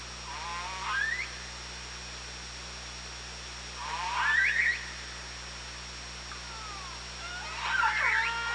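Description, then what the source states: Orca pulsed calls, three loud buzzy bursts that sweep upward, spaced roughly three to four seconds apart, over underwater hiss and a steady low hum. Hydrophone at OrcaLab, 24 August 2017, 18:03.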